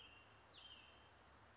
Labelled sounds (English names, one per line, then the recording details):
Western Flycatcher
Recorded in Sonoma County, California